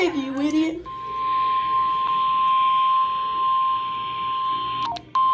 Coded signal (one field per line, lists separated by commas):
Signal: Emergency Alert System (SAME) tones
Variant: 1050 Hz attention tone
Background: speech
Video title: EAS #231 Severe Thunderstorm Warning On NWR